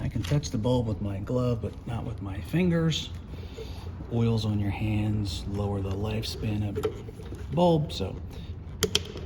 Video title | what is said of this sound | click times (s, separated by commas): How To Replace Turn Signal / Brake Light Bulbs On A 2008-2014 Dodge Challenger | pop it in, make sure it clicks. | 8.8 s, 9.0 s